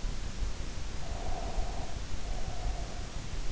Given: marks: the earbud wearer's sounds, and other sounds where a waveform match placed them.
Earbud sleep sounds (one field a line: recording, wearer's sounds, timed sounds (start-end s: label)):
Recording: sounds in sleep by an in-ear microphone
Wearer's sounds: breath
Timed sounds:
0.91-3.22 s: breath